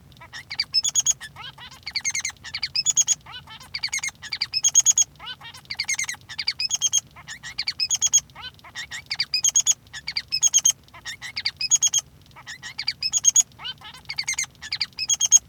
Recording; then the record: song of a male Bengalese finch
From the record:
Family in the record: son of father 3